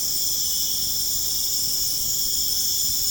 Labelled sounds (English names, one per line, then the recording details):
none
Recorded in pastures near Puerto Asís, Putumayo, Colombia, on 25 June 2025 at 21:30
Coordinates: 0.496, -76.326
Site GP01